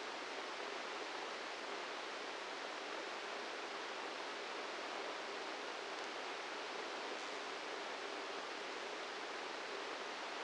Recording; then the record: brain microelectrode recording played as sound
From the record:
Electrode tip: inside the subthalamic nucleus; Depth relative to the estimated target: -2 mm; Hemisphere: left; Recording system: NeuroSet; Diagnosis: Parkinson's disease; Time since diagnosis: 8 years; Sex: male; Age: 58 years